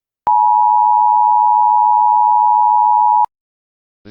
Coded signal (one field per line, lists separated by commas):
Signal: Emergency Alert System (SAME) tones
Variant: 853 and 960 Hz attention tone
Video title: EAS Scenario: The Frost Apocalypse [FULL]